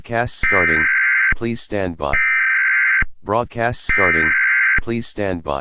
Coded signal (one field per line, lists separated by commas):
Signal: Emergency Alert System (SAME) tones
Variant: header bursts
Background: speech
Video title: EAS Philippines- The Last Broadcast ( Philippines vs Aliens the 35 second war)